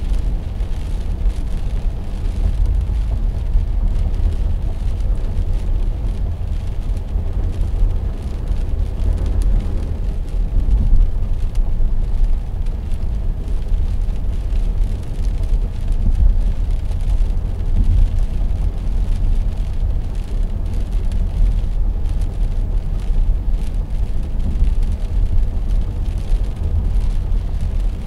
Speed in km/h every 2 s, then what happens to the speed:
79, 79, 79, 79, 81, 81, 81, 84, 84, 84, 82, 83, 83, 80.
0-28 steady at about 81.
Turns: none.